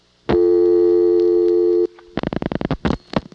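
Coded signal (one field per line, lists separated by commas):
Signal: telephone call progress tone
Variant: North America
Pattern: dial tone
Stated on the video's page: Call progress tones from dialing each Ocala, Florida local office code on a phone served by a rare European Siemens motor switch, 1982.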